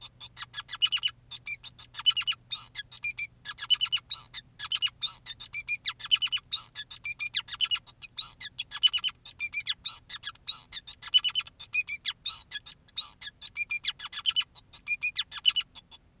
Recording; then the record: song of a male Bengalese finch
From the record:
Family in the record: son of father 2, and himself father 5